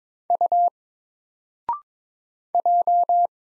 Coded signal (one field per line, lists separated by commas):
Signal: Morse code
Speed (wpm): 22 wpm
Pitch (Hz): 700 Hz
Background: none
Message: U J